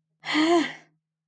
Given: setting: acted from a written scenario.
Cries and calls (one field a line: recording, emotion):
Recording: vocal sound without words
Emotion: anger